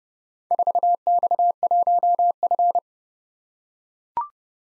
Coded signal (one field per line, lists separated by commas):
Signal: Morse code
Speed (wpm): 30 wpm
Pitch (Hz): 700 Hz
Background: none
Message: 4X1F